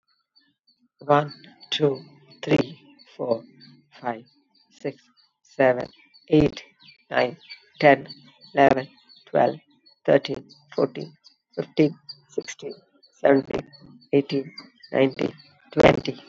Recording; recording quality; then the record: counting at a normal pace; excellent, no background noise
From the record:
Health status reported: COVID-19 positive, mild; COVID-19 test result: positive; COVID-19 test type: rapid antigen test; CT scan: not taken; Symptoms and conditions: cough, cold, sore throat, diabetes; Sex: female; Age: 60 years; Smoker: no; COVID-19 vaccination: both doses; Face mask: not worn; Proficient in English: yes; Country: India